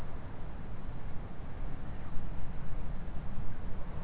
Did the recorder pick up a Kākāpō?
no